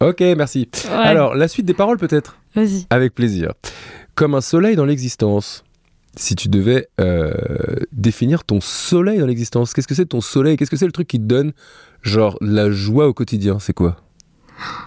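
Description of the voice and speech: Relaxed, fluent conversational French from an adult male, with ordinary rhythm, clear articulation, and a brief sung phrase.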